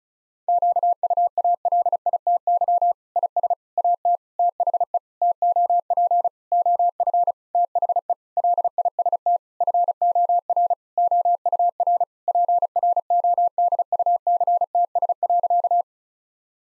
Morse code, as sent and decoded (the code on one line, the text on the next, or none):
--.- ..- .- .-.. .. - -.-- / .. ... / .- - / - .... . / - --- .--. / --- ..-. / - .... . / .-.. .. ... - / ..-. --- .-. / --- ..- .-. / .--. .-. --- -.. ..- -.-. - ... .-.-.-
QUALITY IS AT THE TOP OF THE LIST FOR OUR PRODUCTS.